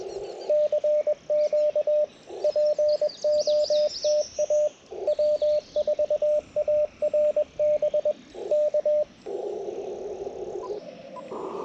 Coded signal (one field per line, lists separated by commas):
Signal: Morse code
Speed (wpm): 20 wpm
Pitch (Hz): 600 Hz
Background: radio noise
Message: CQ POTA W4ARB K